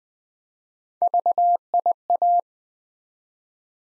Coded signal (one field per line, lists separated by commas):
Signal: Morse code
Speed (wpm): 20 wpm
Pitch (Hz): 700 Hz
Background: none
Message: VIA